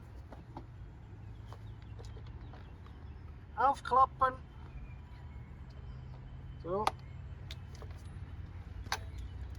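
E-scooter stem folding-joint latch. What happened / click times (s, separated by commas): The folding latch locked into place / 8.9 s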